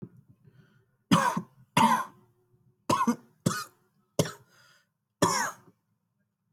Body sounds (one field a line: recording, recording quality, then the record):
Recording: heavy voluntary cough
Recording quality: excellent, no background noise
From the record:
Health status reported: healthy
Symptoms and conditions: none ticked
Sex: male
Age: 23 years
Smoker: not ticked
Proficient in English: yes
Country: India